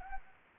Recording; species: mosquito wingbeat signal from an infrared sensor; Anopheles gambiae